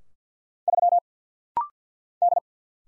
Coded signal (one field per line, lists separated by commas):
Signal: Morse code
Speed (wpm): 50 wpm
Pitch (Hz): 700 Hz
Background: none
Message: 3 D